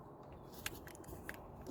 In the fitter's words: once that clicks into place once you got the new one in make sure you push that red